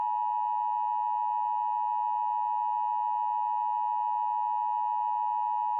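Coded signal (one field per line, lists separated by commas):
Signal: Emergency Alert System (SAME) tones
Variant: 853 and 960 Hz attention tone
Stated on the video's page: EAS mock with simulated SAME tones.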